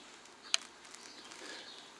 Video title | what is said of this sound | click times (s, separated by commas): A Tuning Kit for My Amazing Weihrauch HW57 | and you should hear a click. | 0.5 s